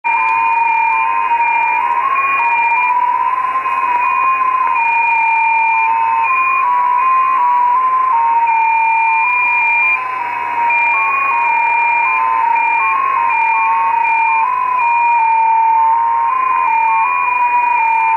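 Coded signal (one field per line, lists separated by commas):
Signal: JT65, JT9 or WSPR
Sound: several overlapping steady whistles, each hopping pitch every third of a second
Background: faint radio hiss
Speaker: so as you guys can see tonight ni opening on 50 mahz lots of gt65 that I'm listening to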